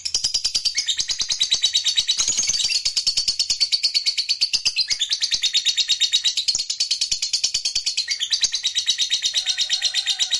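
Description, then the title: Lovebird song, a long continuous chatter of high squeaky pulses with shifting pitch, and a faint soft whistle near the end. Lovebird described as lazy to sing, becoming eager and spontaneously going straight into narik singing. "LOVEBIRD Malas Bunyi JADI GREGET SPONTAN Langsung NARIK"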